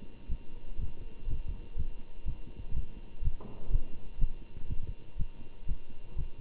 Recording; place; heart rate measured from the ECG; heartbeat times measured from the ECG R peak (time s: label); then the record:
heart sounds by stethoscope; between the tricuspid and mitral areas; 123 bpm
0.28 s: heartbeat
0.77 s: heartbeat
1.26 s: heartbeat
1.75 s: heartbeat
2.24 s: heartbeat
2.73 s: heartbeat
3.21 s: heartbeat
3.69 s: heartbeat
4.17 s: heartbeat
4.67 s: heartbeat
5.16 s: heartbeat
5.65 s: heartbeat
6.15 s: heartbeat
From the record:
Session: Bruce protocol treadmill stress test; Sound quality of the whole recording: good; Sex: male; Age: 25 years